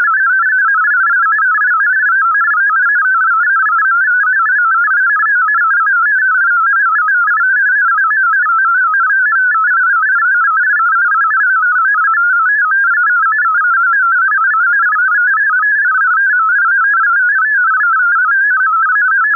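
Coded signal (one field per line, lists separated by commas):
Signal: multi-tone FSK (Olivia or MFSK type)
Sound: continuous fast warbling tone jumping between many pitches around 1.5 kHz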